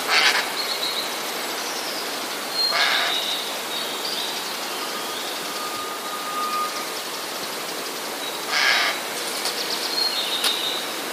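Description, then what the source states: Eurasian jay harsh screeching alarm notes, short rasping bursts at the start, near three seconds and near nine seconds, with faint high whistles over steady hiss. Recorded 7 June 2014; warning call.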